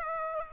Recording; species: mosquito wingbeat signal from an infrared sensor; Aedes aegypti